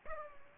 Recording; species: mosquito wingbeat signal from an infrared sensor; Culex pipiens